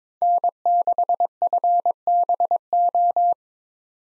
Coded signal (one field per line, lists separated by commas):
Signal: Morse code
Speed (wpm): 22 wpm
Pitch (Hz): 700 Hz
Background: none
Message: N6FBO